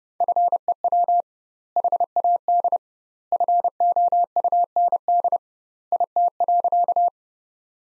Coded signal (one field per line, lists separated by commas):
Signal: Morse code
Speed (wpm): 30 wpm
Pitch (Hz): 700 Hz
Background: none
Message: FEW HAD FOUND IT.